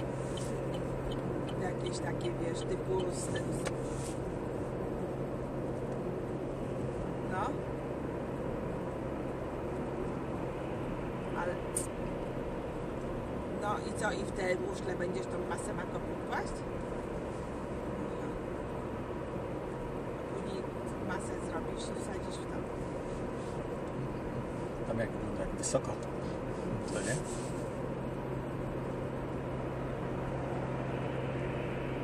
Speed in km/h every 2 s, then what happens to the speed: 59, 59, 60, 59, 57, 59, 59, 62, 59, 58, 59, 59, 59, 59, 58, 59.
0-32 steady at about 59.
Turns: none.